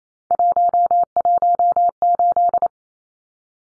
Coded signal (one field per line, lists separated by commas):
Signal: Morse code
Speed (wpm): 28 wpm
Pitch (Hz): 700 Hz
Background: none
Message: 118